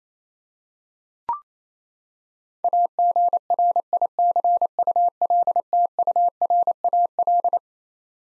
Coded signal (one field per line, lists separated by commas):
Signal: Morse code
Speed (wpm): 28 wpm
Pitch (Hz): 700 Hz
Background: none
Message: AGRICULTURAL